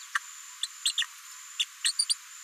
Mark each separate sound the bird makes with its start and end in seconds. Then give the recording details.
0.62-0.67, 0.84-0.93, 0.97-1.06, 1.59-1.64, 1.84-1.93, 1.99-2.05, 2.09-2.15. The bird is a female. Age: 36 days. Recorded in a nest box in Venezuela. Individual 17B73B4